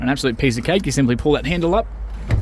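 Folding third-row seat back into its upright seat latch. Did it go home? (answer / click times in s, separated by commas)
no / none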